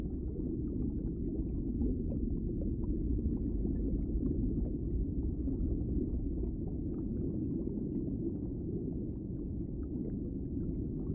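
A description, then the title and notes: A deep underwater rumble fills the whole clip, thick and steady at the low end with nothing bright above it. Faint crackles and brief ticks flicker on top throughout, and the level holds even from start to finish. Underwater Sounds And Deep Ocean Sounds.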